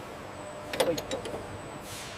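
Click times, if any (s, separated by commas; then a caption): 0.7 s, 0.8 s, 1.0 s, 1.1 s. A torque wrench is applied to bolts on a Leopard 2 tank assembly. It gives sharp metallic breakaway clicks at 0.7, 0.8, 1.0 and 1.1 seconds, possibly including one doubled click, over a steady background hiss. The wrench clicks at its setting, confirming the bolts are torqued.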